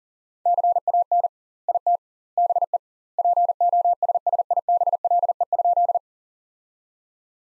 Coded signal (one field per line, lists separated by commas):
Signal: Morse code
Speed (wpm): 40 wpm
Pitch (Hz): 700 Hz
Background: none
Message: CAN IT BE POSSIBLE?